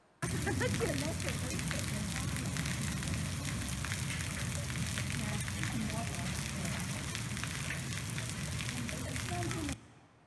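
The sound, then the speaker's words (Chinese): Hail falling outside a church, filmed on video: a steady, dense clatter of hailstones striking surfaces, a continuous crackling patter with a low rumbling undertone that holds evenly for about nine seconds before cutting off. “真的下冰雹了啦！我们看看一个视频。”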